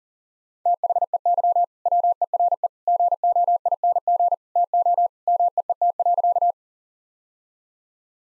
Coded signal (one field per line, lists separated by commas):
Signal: Morse code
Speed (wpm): 40 wpm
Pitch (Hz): 700 Hz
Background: none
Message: THEY WERE GOING TO MEET.